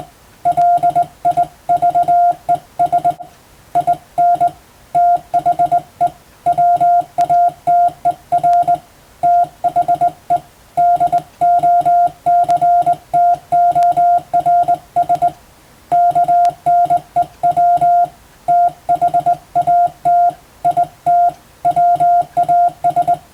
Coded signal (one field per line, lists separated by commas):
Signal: Morse code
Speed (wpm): 21 wpm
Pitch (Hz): 700 Hz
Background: none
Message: LIVES IN THE WATER THE DOCTORS KNEW THAT IT WAS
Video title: 【Radio operator morse practice】This is a Morse code practice video. There is a morse exam in japan.